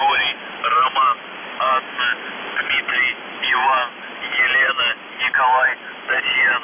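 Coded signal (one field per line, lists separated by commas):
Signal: numbers station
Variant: UVB-76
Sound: a male voice reads short words over noisy, band-limited shortwave radio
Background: radio static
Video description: The Buzzer/UVB-76(4625Khz) December 11, 2021 Voice messages / 00:00 1340z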